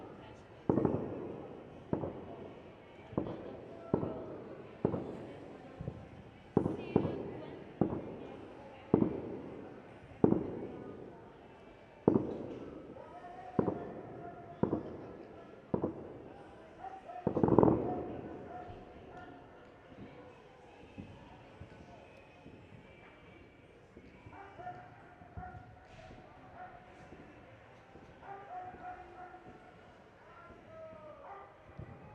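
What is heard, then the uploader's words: New Year in El Borge: sharp firework bangs about every second for eighteen seconds, then a quieter stretch of scattered pops and murmuring voices. New Year at El Borge. Turn of the year in El Borge.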